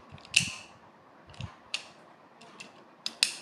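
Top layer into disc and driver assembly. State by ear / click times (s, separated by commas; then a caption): seated / 0.4 s, 1.7 s, 3.1 s, 3.2 s. A plastic top layer is twisted onto the disc and driver of a Turbo Achilles spinning top, ratcheting through its lock notches with sharp plastic clicks at 0.4, 1.7, 3.1 and 3.2 seconds, and fainter ticks between them. The top layer seats after four clicks.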